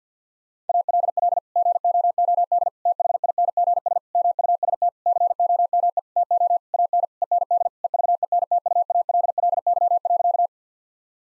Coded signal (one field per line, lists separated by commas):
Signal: Morse code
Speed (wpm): 50 wpm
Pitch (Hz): 700 Hz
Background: none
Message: ALL GOOD THINGS MUST COME TO AN END EVENTUALLY.